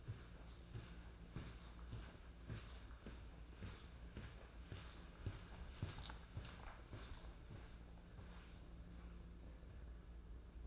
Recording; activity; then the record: daily activity, microphone in the room; walk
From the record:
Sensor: 2